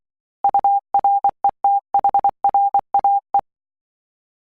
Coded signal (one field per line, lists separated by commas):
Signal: Morse code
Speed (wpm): 24 wpm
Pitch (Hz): 800 Hz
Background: none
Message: URETHRAE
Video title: Morse Code Practice 3 - 'D' 'K' 'G' 'O' 'H'